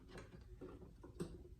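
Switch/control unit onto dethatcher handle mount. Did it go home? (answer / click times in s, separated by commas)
no / none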